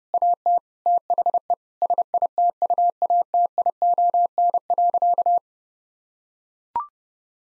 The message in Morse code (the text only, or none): AT THE SITUATION.